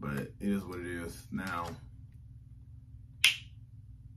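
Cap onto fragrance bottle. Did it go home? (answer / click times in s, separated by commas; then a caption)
yes / 3.2 s. Someone talks, then a perfume cap is pushed down onto a fragrance bottle, giving a sharp click at 3.2 s. The click comes from how hard the cap must be pushed to hold; it doesn't truly snap into place, but the cap sits very snug.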